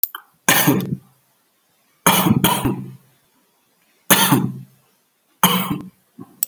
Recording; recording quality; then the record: heavy voluntary cough; excellent, no background noise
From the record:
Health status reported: exposed to COVID-19, no respiratory illness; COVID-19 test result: not tested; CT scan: not taken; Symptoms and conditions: none ticked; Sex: male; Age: 42 years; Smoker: no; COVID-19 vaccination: none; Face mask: not worn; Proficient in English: yes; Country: India